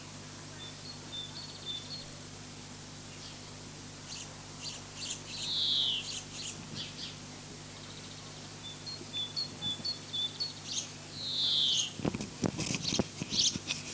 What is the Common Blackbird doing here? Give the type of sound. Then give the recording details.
song. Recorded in the wild. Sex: male. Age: adult. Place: Lübars, Berlin, DE. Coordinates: 52.6167, 13.35. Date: 2006-04-25 18:45. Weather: sunny, 18°C. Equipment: Grundig CR 110, Sennheiser ME 80, Kopie Uher 4000 Report Monitor. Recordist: Tembrock, Günter